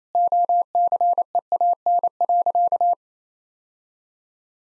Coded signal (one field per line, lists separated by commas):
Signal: Morse code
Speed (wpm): 28 wpm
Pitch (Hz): 700 Hz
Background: none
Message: OCEAN.